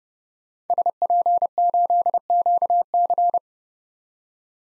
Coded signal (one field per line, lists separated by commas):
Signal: Morse code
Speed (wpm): 30 wpm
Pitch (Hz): 700 Hz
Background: none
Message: SP8QC